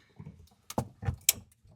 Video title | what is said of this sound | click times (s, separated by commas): Waterfall 4 Hole Kitchen Faucet REVIEW! | All right, heard a click. | 1.3 s